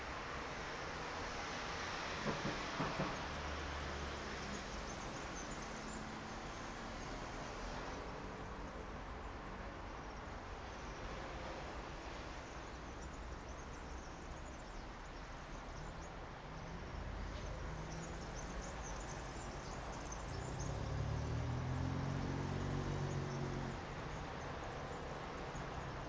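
Street noise from a balcony on the outskirts of Verona: a steady, dense wash of traffic fills the whole clip. Low engine rumbles rise and fall, with a vehicle passing near the start and a louder, heavier one around twenty seconds.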